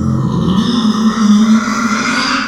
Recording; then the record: squeal of a Yucatan mini pig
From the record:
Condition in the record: after surgery on the right vocal fold (resection and tissue-engineered implant); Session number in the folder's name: 14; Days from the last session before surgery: 133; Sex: female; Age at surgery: 19 weeks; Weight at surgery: 25 kg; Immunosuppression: prednisolone